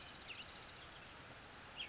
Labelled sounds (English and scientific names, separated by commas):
California Towhee (Melozone crissalis)